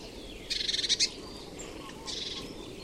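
Bird call: a rapid stuttering rattle of high pulses lasting half a second, followed by a fainter, shorter rattle against a hissy background.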